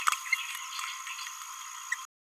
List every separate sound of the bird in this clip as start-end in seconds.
0.33-0.35